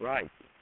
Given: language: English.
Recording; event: throat vibration sensor signal played as sound; speech